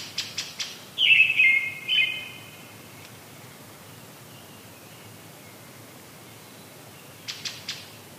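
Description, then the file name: Brown-headed thrush song: a few ticks, then a short wavering, falling warbled phrase and a second brief note, followed by quiet and more ticks. "akahara"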